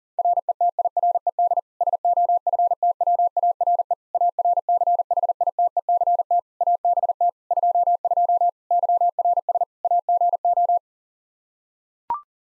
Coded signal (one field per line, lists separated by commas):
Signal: Morse code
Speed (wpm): 40 wpm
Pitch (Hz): 700 Hz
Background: none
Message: RETIRED SOFTWARE ARCHITECT ABT 22 YRS AGO